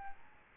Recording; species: mosquito wingbeat signal from an infrared sensor; Aedes albopictus